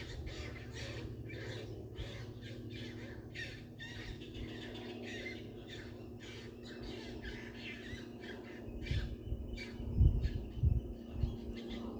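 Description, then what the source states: Herons giving harsh, raspy squawks in repeated bursts over a low rumble, with louder low sounds near the end. More than one heron.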